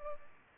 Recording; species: mosquito wingbeat signal from an infrared sensor; Culex pipiens